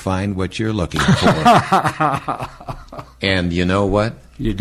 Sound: laughing